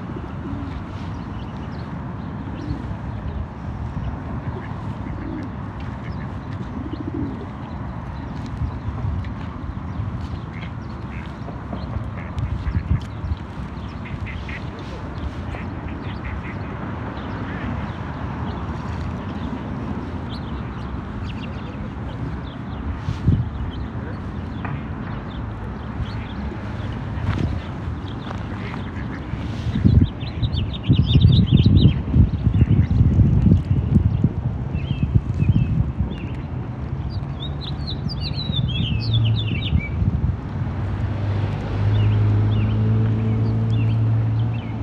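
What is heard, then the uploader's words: A walk along a canal, with steady low rumble and footsteps, ducks quacking, and louder clattering and bird chirps after thirty seconds. A Walk on the Canal. The sun was shining, there was a nice crisp breeze, and the sky was filled with the most magnificent clouds. The bird symphony that seemed to be skipping across the water.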